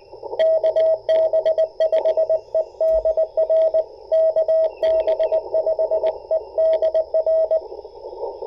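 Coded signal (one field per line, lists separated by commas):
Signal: Morse code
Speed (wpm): 21 wpm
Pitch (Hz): 640 Hz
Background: radio noise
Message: KB5EDR KB5EDR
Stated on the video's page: Parks on the Air CW activation, using a portable vertical antenna for 40m to 6m with a tuner.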